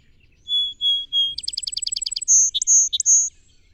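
Song sparrow song: three plain whistled notes, then a fast ticking trill, closing with high drawn whistles interspersed with lower chips.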